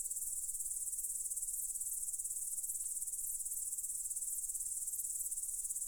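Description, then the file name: Steady, shrill cricket chirping, rapid pulses blending into one continuous high chorus over low hum. "cvrcci"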